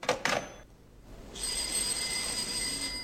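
A telephone rings, opening with two short sharp bursts, then a brief pause before a steady, high electronic tone holds over a faint hiss.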